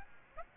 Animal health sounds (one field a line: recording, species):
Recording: mosquito wingbeat signal from an infrared sensor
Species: Aedes aegypti